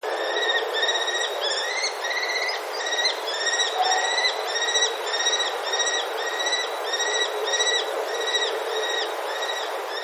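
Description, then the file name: Common kestrel calling: a long series of sharp, ringing notes, repeated rapidly over a constant background hiss. "chogen"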